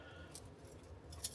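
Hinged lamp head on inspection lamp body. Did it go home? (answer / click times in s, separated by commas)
yes / 1.2 s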